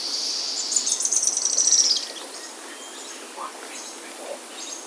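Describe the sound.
Bird song: a brief high hissy note, then a fast, very high trill gently falling in pitch for about a second, followed by quiet soft chirps.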